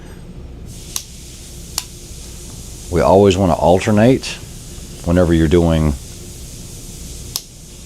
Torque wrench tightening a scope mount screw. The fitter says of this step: And I'm going to do this until it clicks.